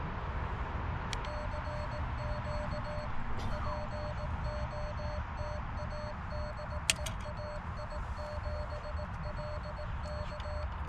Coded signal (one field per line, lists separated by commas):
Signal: Morse code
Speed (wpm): 18 wpm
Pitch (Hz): 600 Hz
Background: music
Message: CQ POTA DE AI7LK